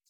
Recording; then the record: hydrophone in a shrimp aquaculture tank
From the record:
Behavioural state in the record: feeding